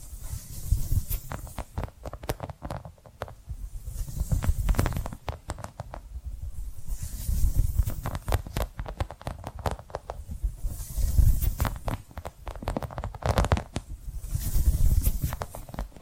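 Tapping and scratching sounds repeat in loose, dense bursts, with sharp clicks and scrapes scattered throughout. The bursts swell roughly every three to four seconds, around 1, 4.5, 8, 11, 14.5 seconds, each with a soft low rumble and a bright hiss beneath the taps.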